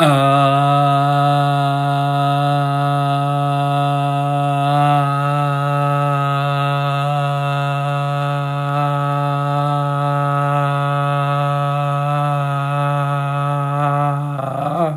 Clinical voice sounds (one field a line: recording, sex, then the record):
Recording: sustained vowel /a/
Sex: male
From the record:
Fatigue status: no fatigue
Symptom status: asymptomatic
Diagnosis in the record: COVID-19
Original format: m4a